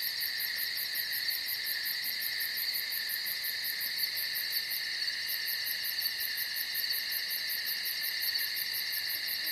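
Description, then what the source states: Crickets chirping in a dense chorus, with continuous high trilling bands and a rapid pulsed chirp repeating several times a second. Night forest ambience with crickets.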